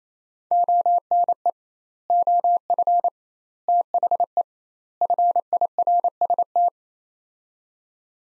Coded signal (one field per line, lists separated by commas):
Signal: Morse code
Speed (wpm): 28 wpm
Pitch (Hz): 700 Hz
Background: none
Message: ONE OF THE FIRST